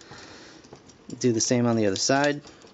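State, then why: Not seated. The second arm of a plastic and diecast Transformers MPM-4 Optimus Prime (Takara version) transforming robot figure is being handled and brought up to its torso slot, to be tabbed on and pushed until it snaps and locks. Faint handling ticks come at about 0.0, 0.7 and 1.1 s before someone talks. Nothing has seated or clicked yet.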